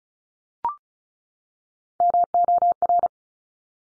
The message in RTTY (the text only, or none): none